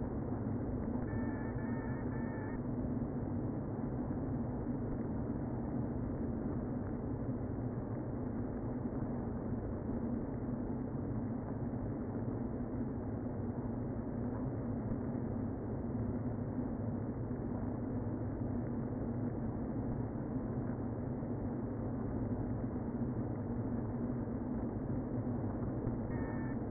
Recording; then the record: honeybee colony, microphone inside the hive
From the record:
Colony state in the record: queen present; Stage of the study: before two queens were removed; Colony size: about 60,000 bees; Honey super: yes